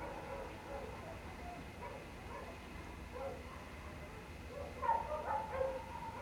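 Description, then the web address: Canines yip and howl faintly at first, then a louder burst of wavering howls near the end. Pack of canines howling outdoors late at night in cold winter air, alongside a man-made water fountain. "Omar Alvarado - Minimal ambiences ambience outdoors late night, cold winter air, pack of canine howling into the night and man made water fountain. Sonniss"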